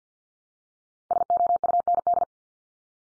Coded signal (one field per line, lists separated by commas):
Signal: Morse code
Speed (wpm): 50 wpm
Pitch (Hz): 700 Hz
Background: none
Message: SOUND